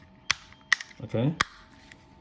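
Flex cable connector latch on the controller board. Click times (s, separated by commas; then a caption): 0.3 s, 0.7 s. During reassembly of a DJI Mavic 2 controller, the plastic locking latch of a flex-cable connector on the controller board is pushed down, giving two sharp snaps at 0.3 s and 0.7 s. Someone talks briefly, and another sharp tick follows near 1.4 s. The latch is locked in place and the connector is seated.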